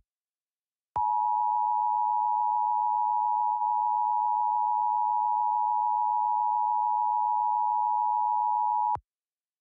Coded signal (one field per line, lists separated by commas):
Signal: Emergency Alert System (SAME) tones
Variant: 853 and 960 Hz attention tone